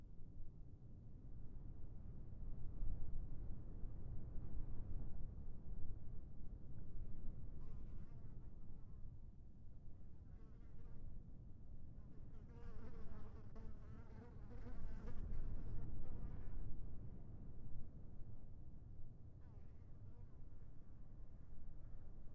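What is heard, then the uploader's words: Wind rumbles low and steady across a desert plateau, gusting slightly throughout. From about the eighth second, a buzzing insect drifts in, its wavering drone rising and falling until around seventeen seconds, loudest near the middle before fading back into the wind. Atacama Desert is a collection of stereo and quad soundscapes recorded in the barren but amazingly beautiful desert plateau of Western Chile.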